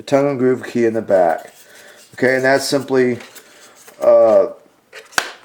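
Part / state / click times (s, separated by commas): battery hatch into the fuselage of an RC model airplane / seated / 5.2 s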